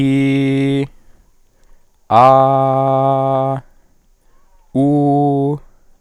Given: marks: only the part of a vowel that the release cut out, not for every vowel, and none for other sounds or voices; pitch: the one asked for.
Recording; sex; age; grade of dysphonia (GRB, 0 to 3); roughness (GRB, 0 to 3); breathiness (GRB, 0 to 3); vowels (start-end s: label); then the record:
sustained vowels; male; 20 to 29 years; 0; 0; 0
0.00-0.78 s: vowel /i/, normal pitch
2.41-3.49 s: vowel /a/, normal pitch
4.78-5.51 s: vowel /u/, normal pitch
From the record:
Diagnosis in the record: healthy voice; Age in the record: 24 years